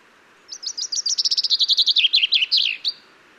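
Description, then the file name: Common chaffinch song, a bright accelerating series of chipping notes tumbling downward in pitch and closing with a quick flourish, lasting about two and a half seconds. "Fringilla coelebs"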